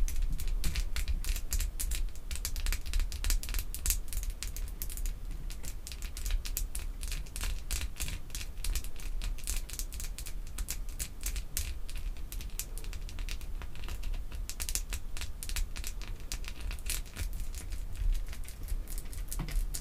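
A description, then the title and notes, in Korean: Artificial fingernails tap quickly on perfume bottles and lids, making a dense stream of sharp, bright clicks that runs without a break for the whole stretch. The taps are fast and uneven, over a steady low hum underneath. 두피에 소름돋는 인조손톱 태핑 | 향수, 뚜껑 등.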